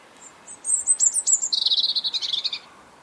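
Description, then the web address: European robin song opening with very high thin slurred notes, then dropping into a quick, evenly pulsed silvery trill. "Deverinetal 2025 File origin Bird Only Er Ru"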